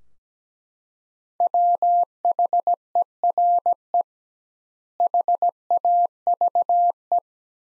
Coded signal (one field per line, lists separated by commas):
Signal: Morse code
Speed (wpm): 17 wpm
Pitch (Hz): 700 Hz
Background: none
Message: WHERE HAVE